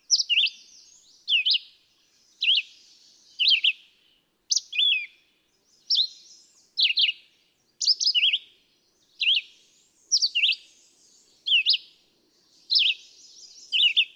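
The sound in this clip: Red-eyed vireo song: a long run of short, sharp whistled phrases, each a quick up-down slur, repeated nearly every second without letup.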